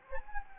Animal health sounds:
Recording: mosquito wingbeat signal from an infrared sensor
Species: Anopheles gambiae

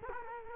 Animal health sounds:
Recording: mosquito wingbeat signal from an infrared sensor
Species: Culex quinquefasciatus

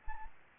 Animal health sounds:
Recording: mosquito wingbeat signal from an infrared sensor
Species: Anopheles gambiae

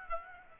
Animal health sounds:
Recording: mosquito wingbeat signal from an infrared sensor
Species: Aedes aegypti

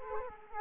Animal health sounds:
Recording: mosquito wingbeat signal from an infrared sensor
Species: Culex quinquefasciatus

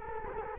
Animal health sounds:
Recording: mosquito wingbeat signal from an infrared sensor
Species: Culex quinquefasciatus

